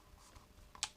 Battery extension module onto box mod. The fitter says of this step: le mettez comme ça tac clipser mais